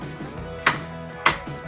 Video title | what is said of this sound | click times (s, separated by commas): Tao Motor 2022 D125 ATV Assembly & Review | gear indicator, which pops right into place. That's real simple. | 0.7 s, 1.3 s